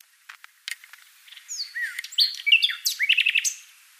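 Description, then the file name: Common nightingale song opening with soft clicks, building into a rich phrase of whistled slurs, sweeps and quick repeated notes. "Luscinia megarhynchos"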